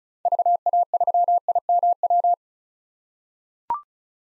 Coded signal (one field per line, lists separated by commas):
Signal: Morse code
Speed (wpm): 36 wpm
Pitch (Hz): 700 Hz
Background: none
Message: VA3IMW